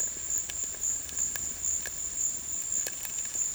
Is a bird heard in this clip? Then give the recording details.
no. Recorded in dense forest near Puerto Asís, Putumayo, Colombia, on 19 March 2025 at 14:30. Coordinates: 0.484, -76.317. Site G064